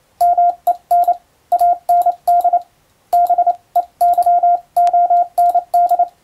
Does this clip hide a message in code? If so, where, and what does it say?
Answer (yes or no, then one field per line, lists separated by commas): yes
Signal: Morse code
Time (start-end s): 0.2-6.0 s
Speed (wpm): 28 wpm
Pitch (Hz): 700 Hz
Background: none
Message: MEN AND BEYOND